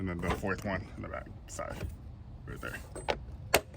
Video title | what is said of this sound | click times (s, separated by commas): 2014-2020 Acura MDX Engine Air Filter Replacement installation instruction tutorial how to guide | Make sure they all click in place, and we're good to go. There, it's snug. | 3.1 s, 3.5 s